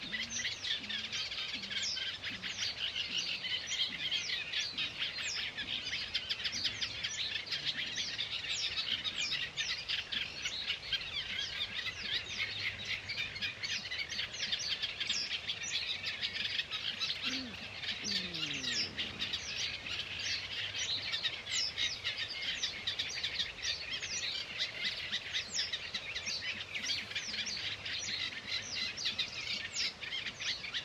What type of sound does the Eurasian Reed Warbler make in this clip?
song